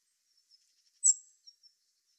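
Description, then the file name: Common blackbird uttering a single high, thin note, followed by a couple of faint ticks in an otherwise quiet setting. "Turdus merula"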